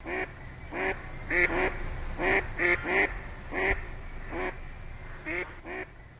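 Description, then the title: Mallard quacking in an irregular series of nasal quacks, some in quick pairs, spread across a few seconds over faint low background rumble. "Viikon luontoääni: Sinisorsa"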